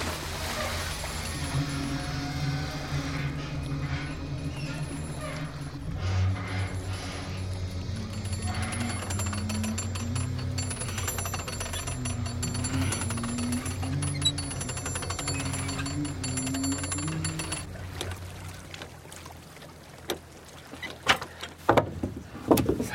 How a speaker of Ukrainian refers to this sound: Починає крутити корбу, натягуючи троса.